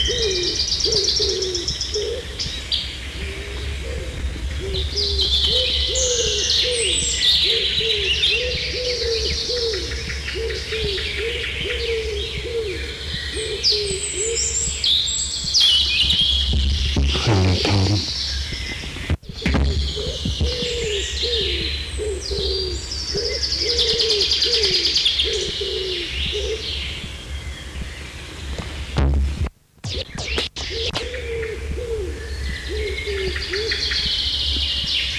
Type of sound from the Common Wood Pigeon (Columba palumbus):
song